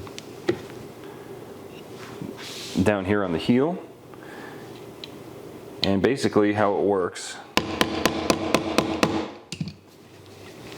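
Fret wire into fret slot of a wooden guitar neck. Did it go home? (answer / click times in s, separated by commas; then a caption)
partly / 7.6 s, 7.8 s, 8.1 s, 8.3 s, 8.8 s, 9.0 s. A metal fret wire is hammered into the slot of a wooden guitar neck, with someone talking beforehand. A series of sharp hammer blows lands at about 7.6, 7.8, 8.1, 8.3, 8.8 and 9.0 seconds. The fret goes in only partway and is not seated all the way because the table is bouncy.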